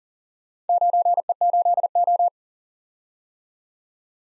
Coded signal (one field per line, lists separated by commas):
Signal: Morse code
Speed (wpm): 41 wpm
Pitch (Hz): 700 Hz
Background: none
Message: 9E8O